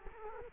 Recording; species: mosquito wingbeat signal from an infrared sensor; Culex quinquefasciatus